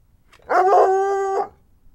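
Dog howling: one steady, drawn-out tonal howl lasting about a second, rising at the start and falling away at the end, with no other sounds.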